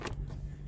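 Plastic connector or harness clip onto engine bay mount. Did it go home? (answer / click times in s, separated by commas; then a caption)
yes / 0.1 s. A plastic connector or harness clip is pressed onto its mount on top of the engine of a 2011–2016 Mini Countryman during a thermostat housing replacement. It gives a sharp click at 0.1 s and a fainter one just after, over a steady low hum. The clip seats.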